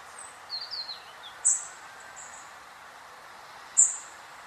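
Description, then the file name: European robin making two thin, very high piercing notes about two seconds apart, after a few soft warbled notes, over a constant noise hiss. "Erithacus rubecula"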